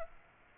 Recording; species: mosquito wingbeat signal from an infrared sensor; Aedes aegypti